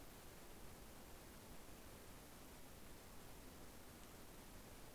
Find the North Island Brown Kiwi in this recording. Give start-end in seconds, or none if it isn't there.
none